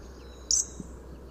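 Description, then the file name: European robin uttering one brief, piercing high-pitched call midway, against a quiet backdrop of low, steady hum. "Erithacus rubecula"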